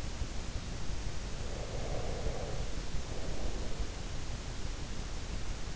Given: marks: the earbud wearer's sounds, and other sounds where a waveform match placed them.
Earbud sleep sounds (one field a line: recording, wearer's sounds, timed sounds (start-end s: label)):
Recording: sounds in sleep by an in-ear microphone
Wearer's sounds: breath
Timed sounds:
1.24-4.27 s: breath